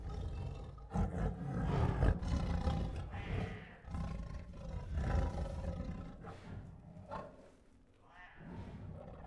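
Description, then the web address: Tiger giving deep, rasping growls and roars in bursts of a second or two, with brief breathy pauses between, fading to softer rumbling toward the end. Restless tigers giving growls, huffs, moans and roars. "Sound Ideas Tigers"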